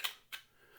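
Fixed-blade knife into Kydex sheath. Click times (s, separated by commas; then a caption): 0.0 s. A Tactile Knife Co Dreadeye fixed-blade knife is pushed back into its molded Kydex sheath and snaps into the retention lock with a sharp click at 0.1 s, followed by a second, softer click near 0.3 s. The knife is seated and locked in place, though the sheath rubs a little from repeated pushing in and out.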